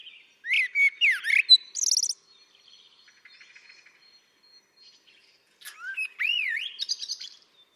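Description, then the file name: Common blackbird phrase of sweeping, slurred notes ending in high twitters, with a pause and then another rising, warbling phrase. "Turdus merula"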